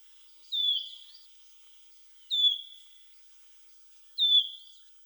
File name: Penochka treshhotka